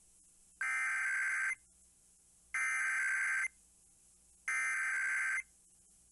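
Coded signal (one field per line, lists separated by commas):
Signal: Emergency Alert System (SAME) tones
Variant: header bursts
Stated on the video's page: Iowa Required Monthly Test originated from an AM station and relayed to all Iowa radio and TV stations, recorded off a relaying station.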